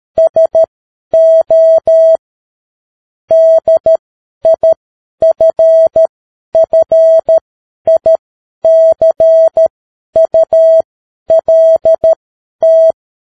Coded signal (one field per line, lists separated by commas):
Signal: Morse code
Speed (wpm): 13 wpm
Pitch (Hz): 650 Hz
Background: none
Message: SO DIFFICULT